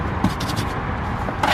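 On a 2016+ Toyota Tacoma during an Injen Evolution cold air intake install, the intake air sensor's wiring connector is fed under the plastic intake pipe and positioned before being plugged in. Soft rustling and scraping run throughout, with a sharper scrape near 0.2 s and a louder brief hit at 1.4 s, likely the harness scraping against the pipe. The connector has not been inserted or clicked yet.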